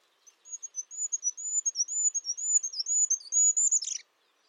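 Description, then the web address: Bird delivering a rapid train of high whistles that ends with a brief buzzy burst. "Bird Only"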